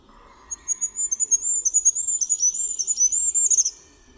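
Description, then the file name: Goldcrest giving its thin, needle-high song, a steady run of rhythmic notes finishing in a short twitter. "MYSIKRÓLIK"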